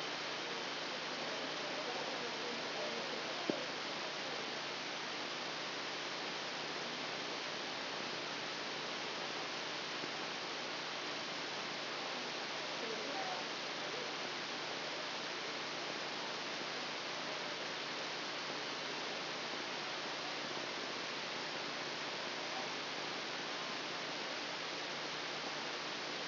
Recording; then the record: brain microelectrode recording played as sound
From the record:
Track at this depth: outside the subthalamic nucleus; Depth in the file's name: 0.115 mm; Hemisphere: left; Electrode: 2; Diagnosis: Parkinson's disease